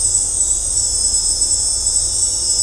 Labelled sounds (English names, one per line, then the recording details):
none
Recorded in dense forest near Puerto Asís, Putumayo, Colombia, on 18 December 2024 at 18:30
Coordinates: 0.503, -76.323
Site G043